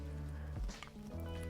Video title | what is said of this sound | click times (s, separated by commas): Best Fragrances to End 2024 - Final Haul & Top Picks for the New Year! | Yeah, a little click. | 0.8 s